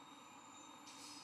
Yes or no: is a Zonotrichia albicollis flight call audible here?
no